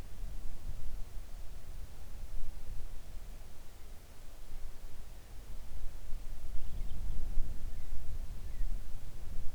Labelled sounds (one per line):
bird
wind